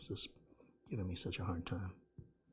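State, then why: Not seated. An antenna cable connector is worked onto the terminal of the M.2 WiFi card in a Dell XPS 15 9570 laptop while someone talks in a low, partly whispered voice. The connector has not seated or clicked yet; the clip ends just before it goes home.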